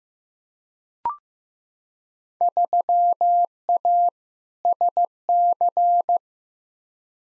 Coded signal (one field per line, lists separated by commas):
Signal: Morse code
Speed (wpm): 15 wpm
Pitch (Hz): 700 Hz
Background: none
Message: 3A SC